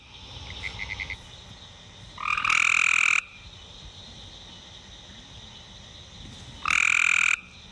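Frog calls: a few faint short pulsed notes, then two loud, drawn-out tonal croaks of about a second each, separated by a long pause.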